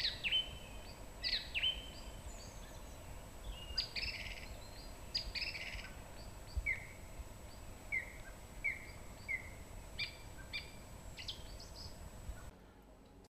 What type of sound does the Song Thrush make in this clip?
song